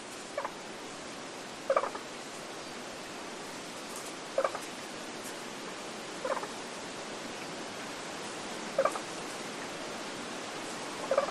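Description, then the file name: Scarlet-sided pobblebonk calls, short knocking notes repeated irregularly every few seconds, over steady wind noise. Close call recorded in spring in rainforest in Queensland, Australia, with wind in the tree canopy above. "nature rainforest ambience wind tree canopy above birds frogs scarlet sided pobblebonk call close spring qld australia"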